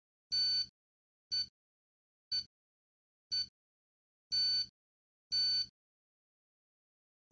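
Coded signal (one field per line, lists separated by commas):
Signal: radio time signal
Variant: DCF77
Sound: buzzy beeps once per second, some short and some long, then one second missing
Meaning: Short pulses are 0 bits and long pulses are 1 bits; the skipped second marks the start of a new minute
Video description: This short video shows my DCF77 analyzer clock displaying and decoding the DCF77 signal. All sounds are off bar the DCF77 live signal.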